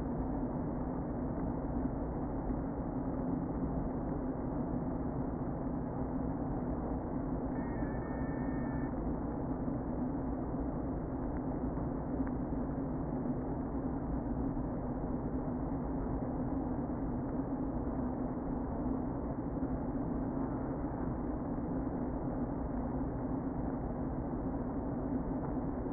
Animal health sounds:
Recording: honeybee colony, microphone inside the hive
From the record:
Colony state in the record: queen present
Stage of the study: before two queens were removed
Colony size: about 60,000 bees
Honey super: yes

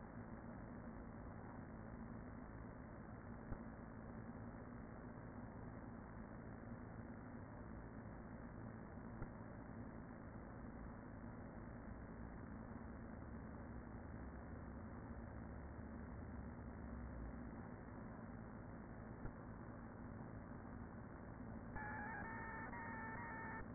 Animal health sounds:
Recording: honeybee colony, microphone inside the hive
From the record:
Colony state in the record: queen present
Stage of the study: after two queens were removed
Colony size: about 40,000 bees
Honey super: no

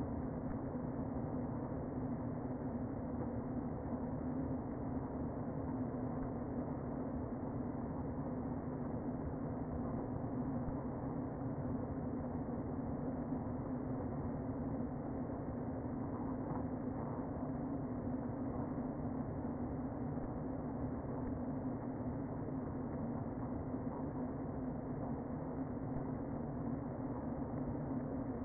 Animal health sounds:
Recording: honeybee colony, microphone inside the hive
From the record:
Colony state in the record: queen present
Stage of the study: before two queens were removed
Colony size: about 60,000 bees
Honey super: yes

